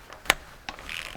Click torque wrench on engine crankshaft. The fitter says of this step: No, that click because I pressed too much.